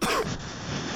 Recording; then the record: coughing mixed with background sound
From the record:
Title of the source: Coughing 46